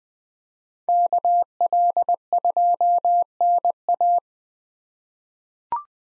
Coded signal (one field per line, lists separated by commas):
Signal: Morse code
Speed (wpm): 20 wpm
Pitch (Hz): 700 Hz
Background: none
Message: KL2NA